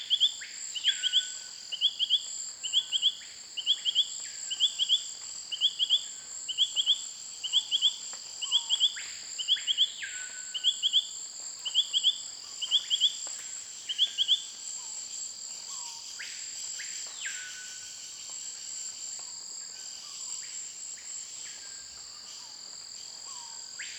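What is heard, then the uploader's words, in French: An Allobates femoralis frog's short chirping phrases repeat about once a second for fifteen seconds over a steady, high insect drone. Chemin des Grands arbres - Saül - Guyane - Nagra LB - stéréo -mkh40 - cardio. Aujourd'hui dans cette ambiance typique de sous-bois forestier apparait le chant d'un Allobate fémoral ( Allobates femoralis ), Petite grenouille terrestre très commune qui chante de jour pour défendre son territoire.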